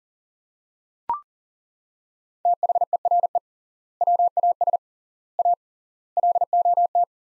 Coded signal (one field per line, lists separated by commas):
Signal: Morse code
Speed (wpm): 40 wpm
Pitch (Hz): 700 Hz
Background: none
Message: THERE WAS A LOT